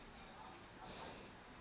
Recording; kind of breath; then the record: one breath in and out by a microphone near the nose and mouth; normal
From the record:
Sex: male